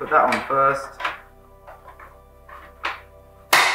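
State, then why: Seated. Someone talks as the inside face panel of a LEGRABOX drawer is pushed onto its fittings on the drawer sides. Sharp clicks are heard at 2.9 s and 3.5 s, the second louder. Both sides are clicked in and the panel is seated.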